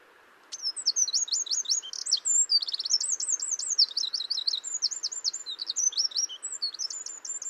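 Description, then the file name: Eurasian wren pouring out a long, continuous, high-pitched song of rapid, sharp notes and rolling trills lasting about seven seconds. "Troglodytes troglodytes"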